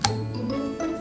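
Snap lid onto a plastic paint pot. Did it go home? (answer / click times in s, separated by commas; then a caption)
yes / 0.1 s. A snap lid is pressed back onto a plastic pot of pink paint after use, closing it the same way a glue stick cap clicks shut. A sharp, short click sounds at 0.05 s, followed by a steady low tonal hum with faint ringing tones through the rest of the second. The lid is seated and clicked shut.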